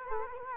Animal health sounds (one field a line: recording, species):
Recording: mosquito wingbeat signal from an infrared sensor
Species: Culex quinquefasciatus